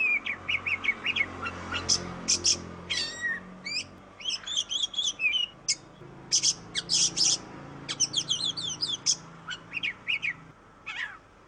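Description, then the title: Oriental magpie-robin singing a rich medley of sweet whistles, quick chirps and scratchy bursts in steady succession, with faint low hum beneath. Master song recording used for training birds. "KACER MASTER"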